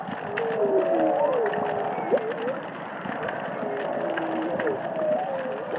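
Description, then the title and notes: Humpback whale singing, several short gliding moans and quick upsweeps in succession, softer than the crackly underwater background in places. Underwater humpback whales singing and calling in the Indian Ocean. "Whale Song is a collection of underwater recordings of humpback whales singing and calling in the Indian Ocean."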